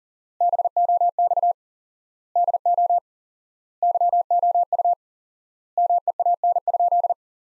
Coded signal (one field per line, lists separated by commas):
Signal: Morse code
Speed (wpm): 37 wpm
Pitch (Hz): 700 Hz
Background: none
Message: BOX DO YOU MEAN?